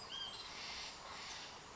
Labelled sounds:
Western Flycatcher
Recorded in Sonoma County, California

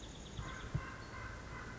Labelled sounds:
Chestnut-backed Chickadee
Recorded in Sonoma County, California

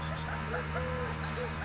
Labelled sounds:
Eurasian Collared Dove
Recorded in Sonoma County, California

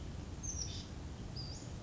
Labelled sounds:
Western Flycatcher
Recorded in Sonoma County, California

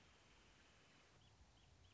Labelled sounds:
Wrentit
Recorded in Sonoma County, California

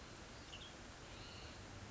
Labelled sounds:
Western Tanager
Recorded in Sonoma County, California

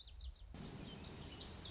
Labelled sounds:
Lazuli Bunting
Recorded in Sonoma County, California

